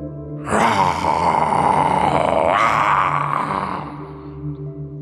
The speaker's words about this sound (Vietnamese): Tiếng gầm gừ giận dữ của nó vang lên từ phía sau. Nó như tiếng của một con thú hoang bị giật mất miếng mồi.